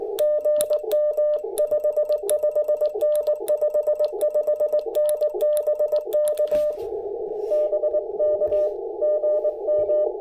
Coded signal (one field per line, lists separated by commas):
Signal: Morse code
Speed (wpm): 20 wpm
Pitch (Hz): 590 Hz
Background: none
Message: GM 55N 55N BK BK GM